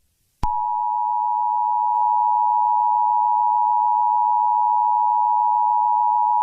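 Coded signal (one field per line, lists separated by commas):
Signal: Emergency Alert System (SAME) tones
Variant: 853 and 960 Hz attention tone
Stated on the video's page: Simulated mock alert containing valid alert tones.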